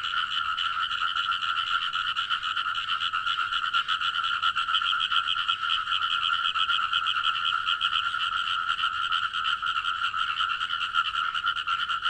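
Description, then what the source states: Frogs calling, a steady, rapidly pulsed trill holding a constant pitch without pauses. Frogs recorded at night.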